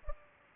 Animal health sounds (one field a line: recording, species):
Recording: mosquito wingbeat signal from an infrared sensor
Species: Culex pipiens